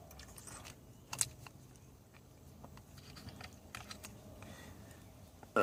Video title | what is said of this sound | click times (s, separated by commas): 2014 Kia Cadenza Flexible Steering Coupler Part 2 | so this connector goes here snaps | 1.2 s